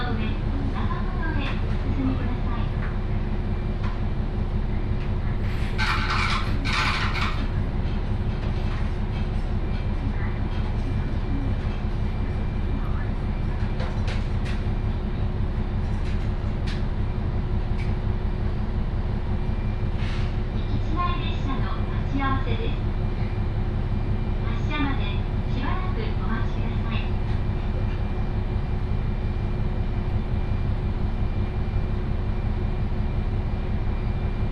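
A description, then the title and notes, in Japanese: Inside an Ihara Railway train running from Michinoue toward Kannabe, a steady low rumble continues with a faint tone, brief clatters, and murmured voices. 井原鉄道 道上→神辺→備中呉妹。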